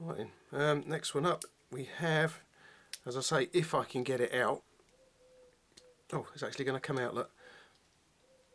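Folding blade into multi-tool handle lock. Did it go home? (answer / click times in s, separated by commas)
no / none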